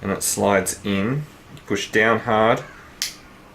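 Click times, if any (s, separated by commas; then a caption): 3.0 s. Someone talks while a Peak Design Slidelite camera strap clip is slid into its anchor mount and pushed down hard. A sharp click at 3.0 s marks the clip seating in place, after which it can't come out or pull through.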